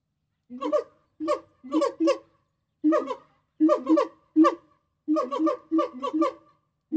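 Gibbon hoots: clusters of two or three short, harmonic notes repeated at an uneven pace, with brief silent gaps between groups.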